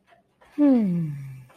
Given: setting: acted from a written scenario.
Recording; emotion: vocal sound without words; romantic love